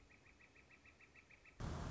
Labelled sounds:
Northern Flicker (Colaptes auratus)
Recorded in Sonoma County, California

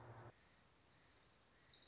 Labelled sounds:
Orange-crowned Warbler (Leiothlypis celata)
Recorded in Sonoma County, California

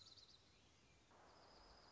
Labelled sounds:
Dark-eyed Junco (Junco hyemalis)
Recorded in Sonoma County, California

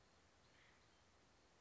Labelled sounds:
Acorn Woodpecker (Melanerpes formicivorus)
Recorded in Sonoma County, California

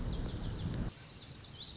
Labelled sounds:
Lazuli Bunting (Passerina amoena)
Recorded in Sonoma County, California

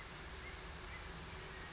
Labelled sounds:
Brown Creeper (Certhia americana)
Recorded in Sonoma County, California

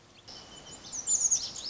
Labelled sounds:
Lazuli Bunting (Passerina amoena)
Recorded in Sonoma County, California

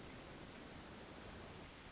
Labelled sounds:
Pacific Wren (Troglodytes pacificus)
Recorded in Sonoma County, California

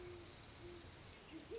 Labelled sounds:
Great Horned Owl (Bubo virginianus)
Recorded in Sonoma County, California

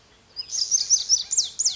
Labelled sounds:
Lazuli Bunting (Passerina amoena)
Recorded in Sonoma County, California

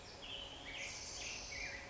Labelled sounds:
Black-headed Grosbeak (Pheucticus melanocephalus)
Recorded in Sonoma County, California

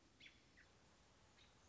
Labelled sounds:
American Robin (Turdus migratorius)
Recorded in Sonoma County, California

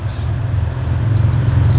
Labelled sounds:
Pacific Wren (Troglodytes pacificus)
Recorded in Sonoma County, California

